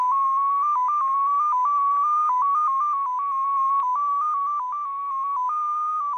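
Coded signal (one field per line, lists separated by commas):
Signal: multi-tone FSK (Olivia or MFSK type)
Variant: XPA2, 14-tone MFSK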